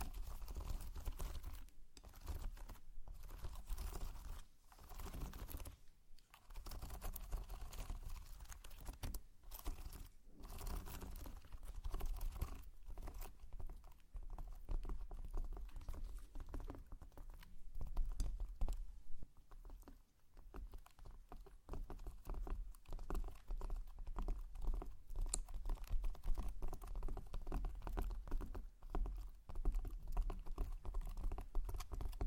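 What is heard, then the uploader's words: Slime being squished and pressed, a dense run of quick wet clicks and pops over a steady low rumble, with brief pauses throughout. ASMR SLIME! 5 Satisfying Slimes.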